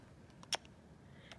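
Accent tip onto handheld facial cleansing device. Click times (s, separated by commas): 0.5 s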